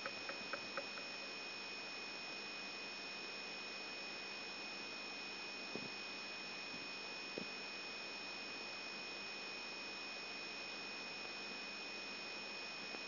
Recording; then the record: brain microelectrode recording played as sound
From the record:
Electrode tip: outside the subthalamic nucleus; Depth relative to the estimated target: -2 mm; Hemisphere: right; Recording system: AlphaMap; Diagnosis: Parkinson's disease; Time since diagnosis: 14 years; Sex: male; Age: 66 years